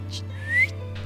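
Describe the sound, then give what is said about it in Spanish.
A single brief human whistle, given as a greeting on a radio broadcast, slides upward in pitch and swells louder before cutting off, heard over a steady low background hum. “¿Un chiflido?”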